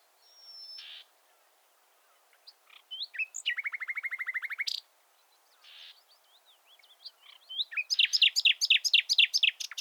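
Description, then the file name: Common nightingale song: a pure whistle, a long rapid rattling trill, varied soft notes, then a loud fast series of repeated sharp notes. "Luscinia megarhynchos"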